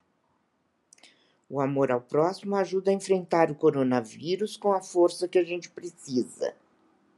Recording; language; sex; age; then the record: spoken sentence; Brazilian Portuguese; female; 70 to 79 years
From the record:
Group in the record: control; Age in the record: 72 years